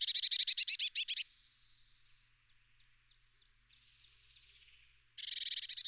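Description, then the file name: Eurasian blue tit: a fast, even rattle of harsh notes lasting just over a second, a quieter pause of about four seconds with faint sounds, then the rattle beginning again. "pimpelmees"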